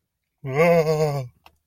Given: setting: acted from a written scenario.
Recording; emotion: vocal sound without words; fear